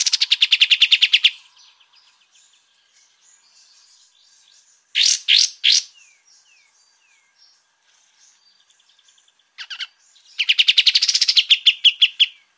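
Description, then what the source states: Sooty-headed bulbul song of harsh rapid rattles at start and end, with a few brief loud notes and soft slurred whistles in the quiet middle, and one more brief loud note just before the final rattle. Song in the brenciu style; the bird is described as gacor (singing readily) and ngegas (singing forcefully).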